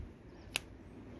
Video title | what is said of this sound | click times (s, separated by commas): 959 Shop n Gourds | you hear a click with the little magnet thingies | 0.6 s